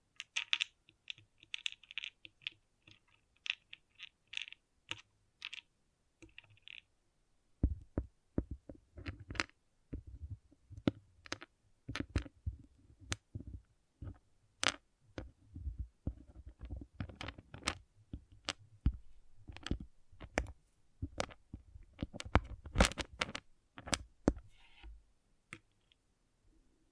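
Pixel art beads rattle in a quick, dense patter for the first seven seconds over a low steady hum. After a short pause come sharp, irregular clicks and taps, each with a dull low knock, spaced unevenly through to the end.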